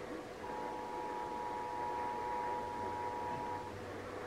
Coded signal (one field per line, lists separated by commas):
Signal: Emergency Alert System (SAME) tones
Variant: 853 and 960 Hz attention tone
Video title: *FOUND SAFE* Early Morning CAE (EAS #2903-2906)